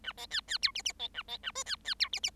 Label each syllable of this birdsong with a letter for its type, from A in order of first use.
A B C C D E E B A B A F C C D E E